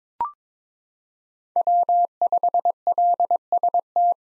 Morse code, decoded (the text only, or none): W5LST